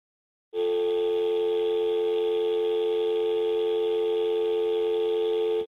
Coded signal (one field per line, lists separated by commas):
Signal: telephone call progress tone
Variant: North America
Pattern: dial tone